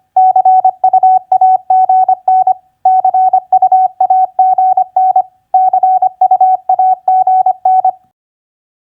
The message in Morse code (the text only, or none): CUAGN CUAGN CUAGN